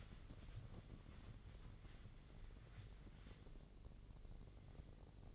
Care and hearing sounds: daily activity, microphone in the room; wipe stove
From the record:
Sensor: 4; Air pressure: 1013.2 hPa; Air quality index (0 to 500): 180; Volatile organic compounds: 2 ppm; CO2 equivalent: 1131 ppm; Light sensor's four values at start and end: 94/236/97/103 and 93/235/97/103

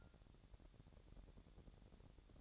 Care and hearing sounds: daily activity, microphone in the room; take from stove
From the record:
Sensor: 3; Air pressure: 1012.0 hPa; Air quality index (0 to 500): 205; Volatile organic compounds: 3 ppm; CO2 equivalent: 1535 ppm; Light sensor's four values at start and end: 108/256/105/93 and 108/256/105/93

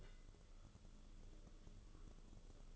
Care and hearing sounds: daily activity, microphone in the room; take from stove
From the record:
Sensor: 4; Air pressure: 1008.8 hPa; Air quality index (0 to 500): 127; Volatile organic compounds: 1 ppm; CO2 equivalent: 928 ppm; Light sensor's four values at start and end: 10/23/9/8 and 10/23/9/8

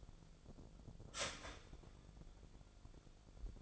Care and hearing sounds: daily activity, microphone in the room; start toaster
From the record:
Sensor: 5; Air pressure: 1000.3 hPa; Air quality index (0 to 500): 130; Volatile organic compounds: 2 ppm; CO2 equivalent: 1022 ppm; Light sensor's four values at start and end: 78/184/78/84 and 79/185/79/85

